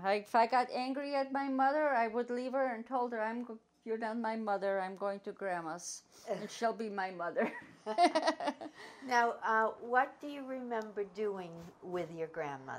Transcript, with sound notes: I -- If I got angry at my mother, I would leave her, and told her, " I'm go-- Y y ou're not my mother, I'm going to Grandma's. She'll be my mother." (both laugh)
Now -- what do you remember doing with your grandmother?